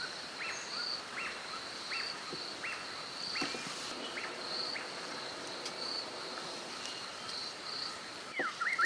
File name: Spotted puffbird